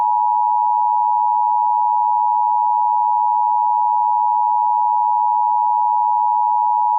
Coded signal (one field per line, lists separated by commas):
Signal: Emergency Alert System (SAME) tones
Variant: 853 and 960 Hz attention tone